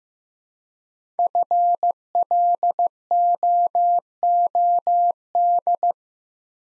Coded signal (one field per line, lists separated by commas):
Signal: Morse code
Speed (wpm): 15 wpm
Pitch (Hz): 700 Hz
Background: none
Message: FLOOD